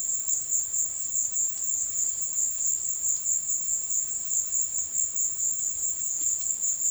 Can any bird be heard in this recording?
no